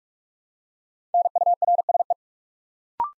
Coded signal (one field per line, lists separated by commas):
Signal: Morse code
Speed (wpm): 44 wpm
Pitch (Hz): 700 Hz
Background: none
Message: NURSE